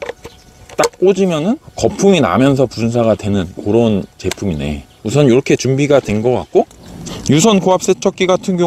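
A foam gun attachment is pushed firmly onto the front of a Greenworks pressure washer lance to add detergent, giving a sharp knock at 0.0 s as it snaps into place. Someone then talks for the rest of the clip, and the foam gun is seated.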